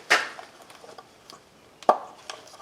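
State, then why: Seated. A valve cover bolt with its grommet is pushed through the rubber valve cover gasket of a 2010 Chrysler Town and Country until it pops into a retaining collar that holds the bolt. After a loud handling knock at the start and a few faint ticks, a sharp click at 1.9 s marks the bolt seating in the collar. The clip ends with a smaller tap.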